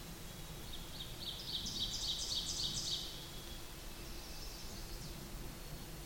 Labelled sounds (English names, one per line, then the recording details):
Ovenbird song
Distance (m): 40 m
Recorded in boreal forest in Alberta, Canada, on 8 June 2016 at 07:01
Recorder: SongMeter 3, array SBT-3-9
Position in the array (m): 48 m, 103 m
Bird 33